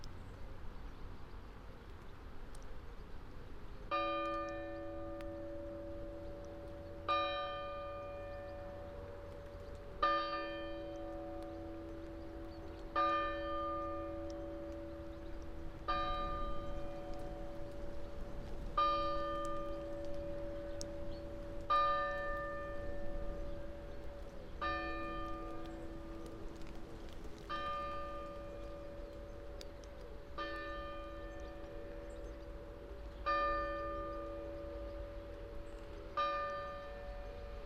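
A town clock's bell strikes out over the town below, starting a few seconds in and sounding roughly every three seconds to the end, alternating between two ringing pitches that hang in the air. A low, steady hum of traffic fills the background.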